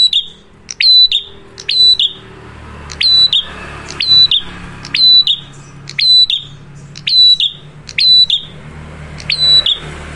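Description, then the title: Prinia song, rapid harsh buzzy phrases roughly every second over a noisy background hum. Loud duet of Cililin versus Kapas Tembak song by a prinia in full song; used for luring wild birds or as masteran for training cage birds. "Masteran Duet Cililin Vs Kapas Tembak. Prenjak Gacor. Ngalun Kencang, Ampuh Banget Buat Pikat Ataupun Masteran"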